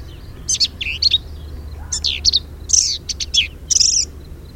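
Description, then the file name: Black-capped vireo giving a jumble of harsh chattering and squeaky whistled notes in brief separated phrases, with a faint low hum underneath. Recorded 10 May 2007. "2007-05-10 Black-capped Vireo"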